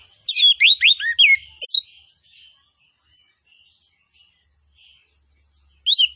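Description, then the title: Orange-headed thrush song: a rapid cluster of downslurred whistles and chattering notes, a long quiet pause, then one more short phrase. Master recording of vigorous full song with fill-in phrases including cililin bursts. "Anis Kembang Gacor. MASTERAN ANIS KEMBANG ISIAN FULL DENGAN TEMBAKAN CILILIN"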